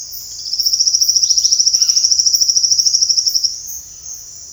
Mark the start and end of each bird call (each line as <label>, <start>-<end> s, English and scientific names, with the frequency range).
Trilling Gnatwren (Ramphocaenus melanurus) (2.3-12.3 kHz), 0.26-3.50 s